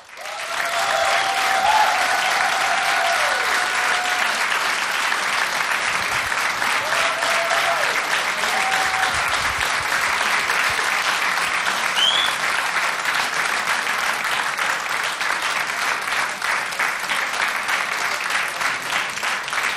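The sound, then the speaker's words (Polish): Sustained applause from a large audience in a radio studio, welcoming a band as they plug in, a dense steady clatter of clapping hands that holds at full strength for about twenty seconds, with a few faint whistles and cheers rising through it. “Ponieważ w radiu nie może być ciszy, to jeszcze Państwa poproszę do oklaski, bo oni się właśnie podpinają.”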